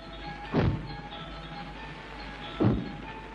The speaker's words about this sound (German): Schritte. Schwer dröhnende Schritte. Nicht von Menschenfüßen. Es kommt näher. Durch die Ahornallee im Park.